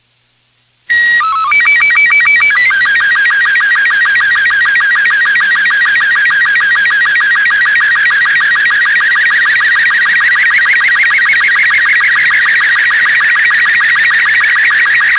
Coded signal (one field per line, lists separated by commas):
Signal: SSTV (slow-scan television)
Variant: Robot 36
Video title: SSTV Transmission ENTRANCE AT N39.533425, W84.344199